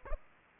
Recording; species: mosquito wingbeat signal from an infrared sensor; Aedes aegypti